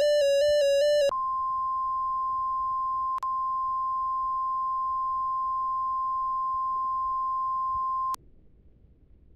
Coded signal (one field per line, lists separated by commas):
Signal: Emergency Alert System (SAME) tones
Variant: 1050 Hz attention tone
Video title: Roblox NOAA Weather Radio Severe Thunderstorm Warning Simulation